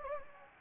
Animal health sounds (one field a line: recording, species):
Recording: mosquito wingbeat signal from an infrared sensor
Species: Anopheles gambiae